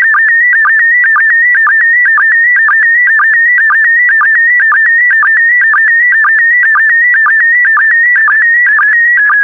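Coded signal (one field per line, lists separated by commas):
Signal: SSTV (slow-scan television)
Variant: PD120 mode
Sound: steady warbling high tone with rapid regular blips, about two per second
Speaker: 3, 2, 1. Thank you. Transmission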